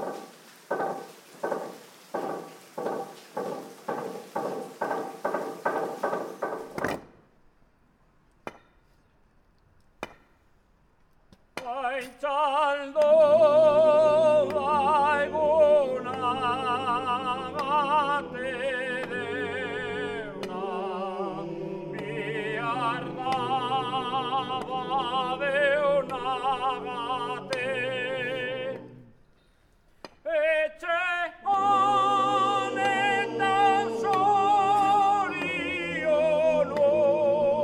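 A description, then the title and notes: A field recording opens with a regular run of sharp wooden knocks, about two per second, then falls to near silence with a few clicks. From about twelve seconds, dense layered ringing tones take over, breaking briefly near twenty-nine seconds before resuming. Egurra (bois, wood). A compilation of different field-recording made all along the Basque Country.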